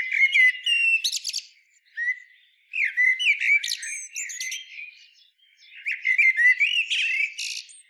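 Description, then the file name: Common blackbird song: four bursts of warbled, whistled notes mixed with sharp high twittering, separated by short pauses. "Turdus merula"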